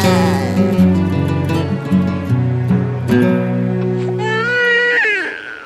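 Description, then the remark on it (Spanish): A newborn baby girl cries in loud, high-pitched wails whose pitch bends up and down, the clearest cry coming toward the end above a steady, sustained tonal background. “¡Otra niña, puchache!”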